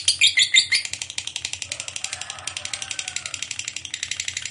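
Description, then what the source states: Lovebird chattering in a fast, harsh run of shrill notes, loud at first then continuing as a steady rapid series of high chirps. Ngekek panjang, long continuous chatter, described as gacor, very vocal.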